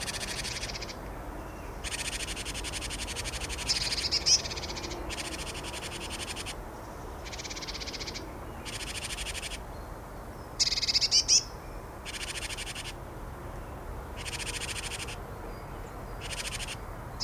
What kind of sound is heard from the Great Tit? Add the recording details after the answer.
call. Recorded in the wild. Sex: diverse. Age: diverse. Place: Erlangen, Bayern, DE. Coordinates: 49.6086, 10.9697. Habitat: forest. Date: 1962-04-02. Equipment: Stellavox SM 5, Vollspur, Nagra. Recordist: Tretzel, Erwin. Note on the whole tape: Zusammenstellung diverser Kohlmeisenlaute von Standort B (Mönau), Erlangen 1962 und 1963